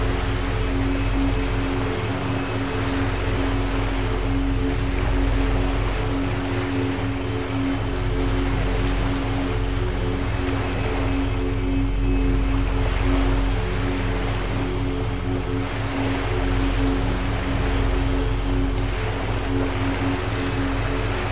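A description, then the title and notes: Binaural beats hum as steady low tones with a faint pulsing flutter, blended with a continuous wash of ocean waves that gently swells and recedes. Low-frequency binaural music blended with calming ocean waves creates the perfect track to sleep or relax. Binaural Beats With Ocean Waves.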